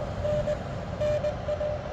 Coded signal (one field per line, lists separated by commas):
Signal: Morse code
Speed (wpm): 20 wpm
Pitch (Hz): 600 Hz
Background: none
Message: N NA